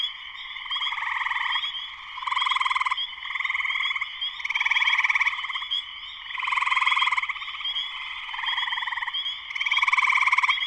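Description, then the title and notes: Spring peepers in full chorus, high insistent peeps blending into a constant drone, with pulsed trills swelling repeatedly throughout. Full chorus shortly after sunset, Sleeping Bear Dunes National Lakeshore, northern Michigan, USA. "Spring peepers (chorus frogs) in concert. Spring peepers (chorus frogs) in full chorus shortly after sunset in the Sleeping Bear Dunes National Lakeshore in northern Michigan, USA. Recorded by Darrin Wassom. Part of the Music for Sleep project"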